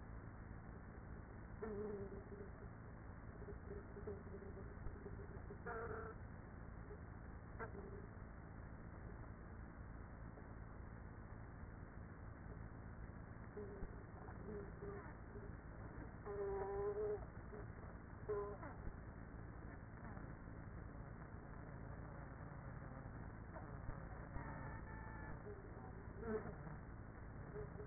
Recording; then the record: honeybee colony, microphone inside the hive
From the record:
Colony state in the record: queenless with a low population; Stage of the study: after two queens were removed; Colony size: about 30,000 bees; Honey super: no